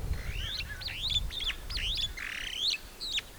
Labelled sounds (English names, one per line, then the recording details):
Superb Starling flight call
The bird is a female
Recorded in Kenya on 25 April 2009 at 08:06
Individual 101, of group SRB2